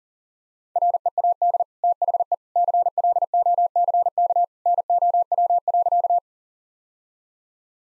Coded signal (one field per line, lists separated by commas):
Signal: Morse code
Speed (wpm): 37 wpm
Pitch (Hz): 700 Hz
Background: none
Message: READ THE CLOCK NOW.